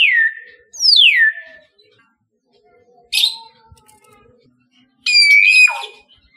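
Common hill myna whistling: a sharp falling whistle, a long downward-sliding whistle, a short burst, then a loud nasal harmonic call ending in a drop.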